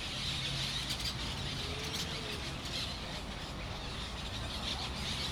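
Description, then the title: Harsh, overlapping parrot calls form a constant noisy chatter from many birds, with low-pitched background rumble throughout. Parrots in Crespo at sunset. "Loros En Crespo"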